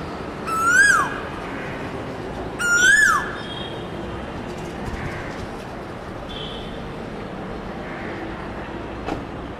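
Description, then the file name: Asian koel song: two loud rising notes that peak and drop sharply, about two seconds apart, followed by quiet background hiss. "canto do coel asiatico"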